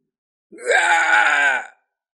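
A single drawn-out, agonized scream from a man whose bones and tendons are broken, rising sharply then held at a strained, harsh pitch for about a second before cutting off abruptly. It is loud and stands alone.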